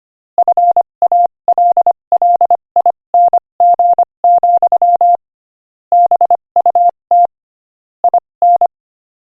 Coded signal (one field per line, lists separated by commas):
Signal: Morse code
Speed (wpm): 26 wpm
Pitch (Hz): 700 Hz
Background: none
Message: FALLING, BUT IN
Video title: Morse Code Practice: 25 wpm Inspirational Quote 7